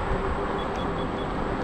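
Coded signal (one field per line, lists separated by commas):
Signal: none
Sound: scooter's beeps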